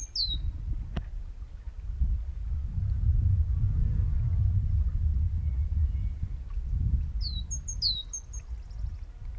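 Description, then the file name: Great tit gives a single high descending note at the start and a pair near the end, mostly masked by heavy low rumbling noise. "Parus major"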